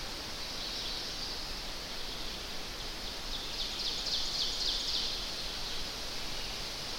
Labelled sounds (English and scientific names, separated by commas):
Ovenbird (Seiurus aurocapilla) song